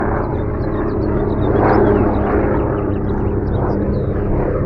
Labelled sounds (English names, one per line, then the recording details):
House Finch song
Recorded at Breezy Point on Long Island, New York, on 4 June 1975
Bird B